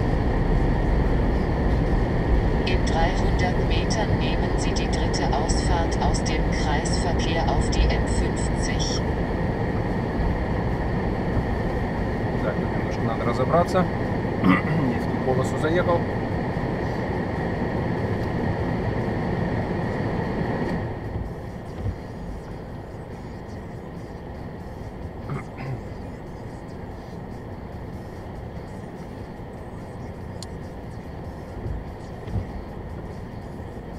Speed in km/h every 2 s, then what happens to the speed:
43, 45, 43, 31, 16, 7, 0, 0, 0, 0, 0, 0, 0, 0, 0, 0, 0.
4-11 brakes to 0. 11-34 standing.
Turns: none.